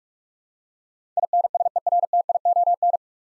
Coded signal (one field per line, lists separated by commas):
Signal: Morse code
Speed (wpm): 44 wpm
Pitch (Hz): 700 Hz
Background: none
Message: INSERTION